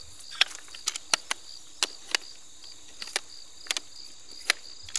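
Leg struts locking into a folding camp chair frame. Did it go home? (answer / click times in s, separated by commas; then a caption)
yes / 0.4 s, 1.1 s, 1.8 s, 2.1 s, 3.7 s, 4.5 s. Leg struts on the frame of a DOD Outdoors Sugoi Fully Adjustable Chair, a folding camp chair, are pushed out until they lock into place. Sharp clicks sound at 0.4, 1.1, 1.8, 2.2, 3.7 and 4.5 seconds over a faint, steady high-pitched background hiss. The struts are seated and locked.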